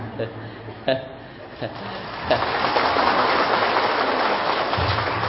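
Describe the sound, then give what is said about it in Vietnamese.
A short stretch of low murmuring gives way to a sudden, steady burst of audience applause at a Buddhist one-day mindfulness retreat, dense and even, holding at a constant loudness until the end. “Thiếu nợ mấy cái tràng pháo tay hoài không biết trả chừng nào cho xong.”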